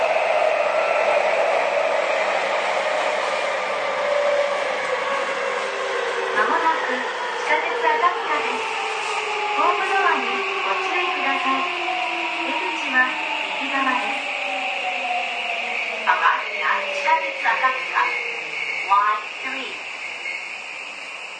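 A Seibu 6000 series train rumbles steadily as its motor whine slides down while slowing, with voice announcements breaking in midway and near the end.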